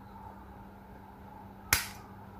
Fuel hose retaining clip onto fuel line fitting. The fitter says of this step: oke nah Ini udah ngunci Om ya Ini udah kuat Om tarik-tarik sudah gak bisa Nah